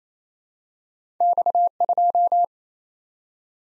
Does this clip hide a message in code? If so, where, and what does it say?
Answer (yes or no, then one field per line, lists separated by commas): yes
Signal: Morse code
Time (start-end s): 1.2-2.4 s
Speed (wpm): 28 wpm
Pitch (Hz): 700 Hz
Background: none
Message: X2